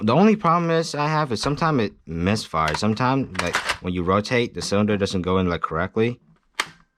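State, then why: Seated. Someone talks, then rotates the plastic drum cylinder of a Nerf Zombie Strike Doominator toy foam-dart blaster into the blaster body until it indexes into place. Two faint ticks are followed by a sharp, loud click at 6.6 s as the cylinder seats. That click has to happen, because sometimes the cylinder doesn't go in correctly and the blaster won't fire.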